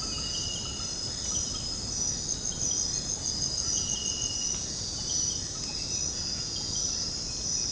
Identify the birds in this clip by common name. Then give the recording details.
none. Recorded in secondary vegetation near Puerto Asís, Putumayo, Colombia, on 19 February 2024 at 01:00. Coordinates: 0.468, -76.324. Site G6381